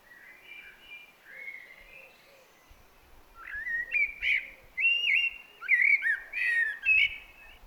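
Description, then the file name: Eurasian blackbird song: soft warbling at first, then repeated loud fluty phrases of mellow whistles mixed with thin squeaky high notes. "Turdus merula"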